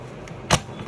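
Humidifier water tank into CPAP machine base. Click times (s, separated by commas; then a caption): 0.5 s. A water-filled plastic humidifier tank is pressed onto the contact points of an Entrusted Delta Sleep A20 Auto CPAP machine base. After a faint tick at 0.3 s, a sharp, loud click at 0.5 s marks the tank latching into place. The humidifier is confirmed attached.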